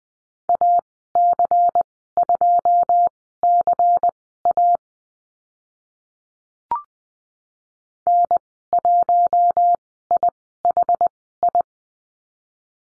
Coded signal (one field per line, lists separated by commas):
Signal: Morse code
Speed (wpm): 19 wpm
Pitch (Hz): 700 Hz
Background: none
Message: AC2CA N1IHI